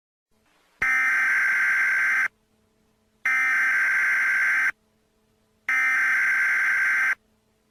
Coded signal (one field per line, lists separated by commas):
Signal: Emergency Alert System (SAME) tones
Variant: header bursts